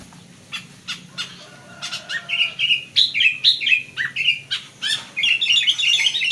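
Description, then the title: Sooty-headed bulbul singing clear short whistled notes in a steady series, over scattered sharp clicks and a faint low hum. Given the local name kutilang. "Kutilang"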